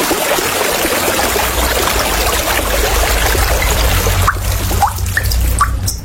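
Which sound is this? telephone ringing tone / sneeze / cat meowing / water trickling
water trickling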